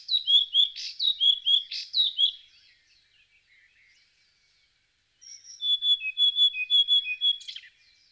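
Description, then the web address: Bird singing a series of high, clear whistled notes with slight up-and-down inflections, pausing for a few seconds before another quick phrase of bright chirps. "Звуки Птицы"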